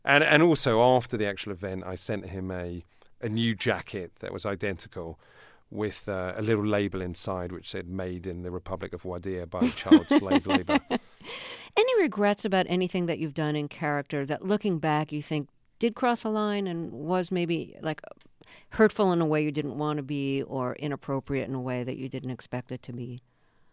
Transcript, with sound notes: And also, after the actual event, I sent him a new jacket that was identical with a little label inside, which said made in the Republic of Wadiya by child slavery.
(LAUGHTER)
Any regrets about anything you've done in character that looking back you think did cross the line and was maybe, like, hurtful in a way you didn't want to be or inappropriate in a way that you did expect it to be?